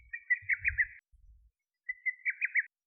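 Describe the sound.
Lesser cuckoo calling: two quick phrases of several sharp whistled notes, with a faint low rumble during the first.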